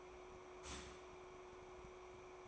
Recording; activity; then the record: daily activity, microphone in the room; start toaster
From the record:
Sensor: 1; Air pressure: 1014.8 hPa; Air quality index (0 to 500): 195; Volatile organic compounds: 30 ppm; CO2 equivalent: 2951 ppm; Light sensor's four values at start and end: 4/9/3/3 and 4/9/3/3